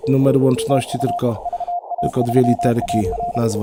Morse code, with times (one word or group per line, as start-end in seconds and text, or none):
0.7-1.2 TU
1.5-3.4 VA3AR